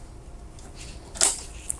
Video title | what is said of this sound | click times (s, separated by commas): Dell PowerEdge T630 Workstation Drive Overview - SSD Upgrades & Options - How to Test - Solid State | click into place super super easy install | 1.7 s